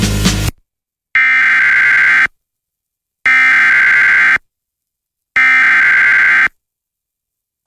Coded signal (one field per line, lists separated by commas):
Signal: Emergency Alert System (SAME) tones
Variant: header bursts